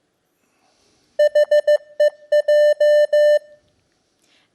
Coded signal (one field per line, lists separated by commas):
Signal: Morse code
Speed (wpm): 15 wpm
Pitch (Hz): 600 Hz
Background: none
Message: HEJ